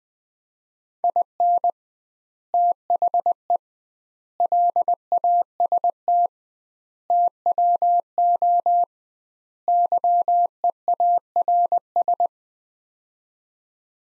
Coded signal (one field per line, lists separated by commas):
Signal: Morse code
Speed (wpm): 20 wpm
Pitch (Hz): 700 Hz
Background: none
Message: IN THE LAST TWO YEARS